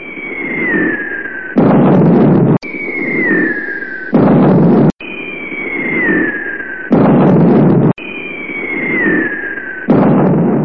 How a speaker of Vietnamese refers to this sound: Lại có tiếng máy bay, tiếng bom bi nổ khắp nơi.